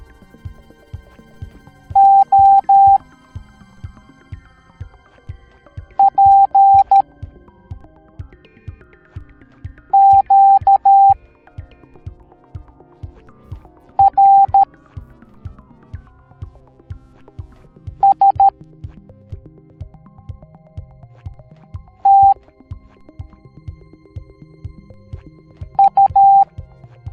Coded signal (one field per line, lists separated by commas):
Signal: Morse code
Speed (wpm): 13 wpm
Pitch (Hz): 790 Hz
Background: music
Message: O P Q R S T U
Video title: Microorganisms Teaching the Morse Code Alphabet Educational Video for Kids